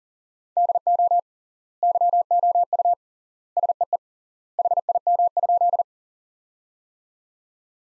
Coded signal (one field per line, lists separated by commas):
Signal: Morse code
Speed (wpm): 40 wpm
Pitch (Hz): 700 Hz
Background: none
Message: DO YOU SEE HIM?